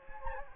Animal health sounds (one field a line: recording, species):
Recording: mosquito wingbeat signal from an infrared sensor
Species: Anopheles gambiae